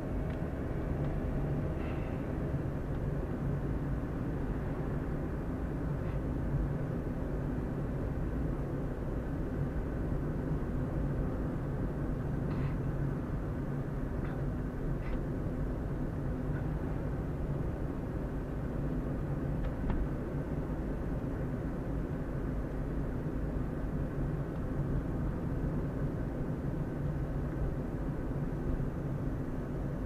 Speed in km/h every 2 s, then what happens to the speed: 32, 35, 36, 37, 37, 38, 37, 35, 35, 37, 38, 37, 37, 36, 36.
0-9 speeds up to 38. 9-30 steady at about 37.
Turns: none.